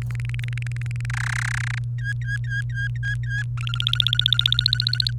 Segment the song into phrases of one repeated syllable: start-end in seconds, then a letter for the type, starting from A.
0.10-1.05 A, 1.10-1.78 B, 1.98-3.43 C, 3.57-5.11 D